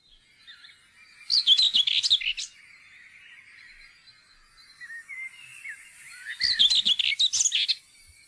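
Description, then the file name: Common whitethroat gives two rapid, scratchy warbled phrases, each just over a second long, with quieter notes in between. "tornsanger"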